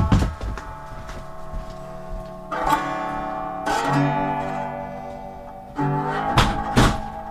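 A door is handled and shut: a series of thumps and clunks with rattling, ringing resonances, ending in a couple of sharp knocks, over a steady low hum with no talking.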